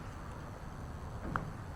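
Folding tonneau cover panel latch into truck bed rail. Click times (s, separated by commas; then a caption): 1.4 s. A folding hard tonneau cover panel on a 2024 GMC Sierra 1500 (Bak Flip G2) is closed gently, without slamming, onto the truck bed rail over a steady low background hum. A short, sharp latch click sounds at 1.4 s, showing the panel is latched closed.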